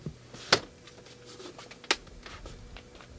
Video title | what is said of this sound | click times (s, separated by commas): Sentaero v2VTOL Unedited Demo with MOC | left wing and when you hear the clicks | 0.5 s, 1.9 s